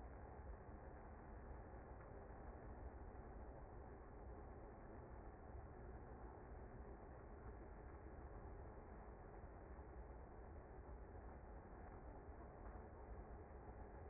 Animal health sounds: honeybee colony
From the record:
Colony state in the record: active

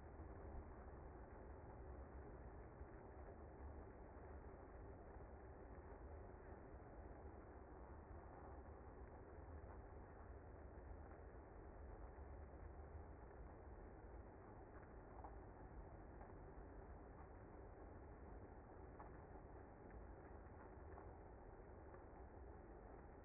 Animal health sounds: honeybee colony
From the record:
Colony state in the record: active

